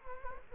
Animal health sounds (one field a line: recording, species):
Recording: mosquito wingbeat signal from an infrared sensor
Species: Culex quinquefasciatus